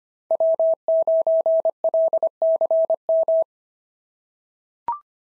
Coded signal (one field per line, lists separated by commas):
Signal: Morse code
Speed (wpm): 23 wpm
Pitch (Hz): 650 Hz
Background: none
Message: W9LCM